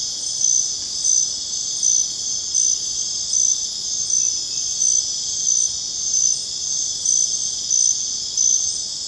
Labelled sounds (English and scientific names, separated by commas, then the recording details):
none
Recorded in secondary vegetation near Puerto Asís, Putumayo, Colombia, on 22 June 2025 at 21:00
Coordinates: 0.484, -76.319
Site G074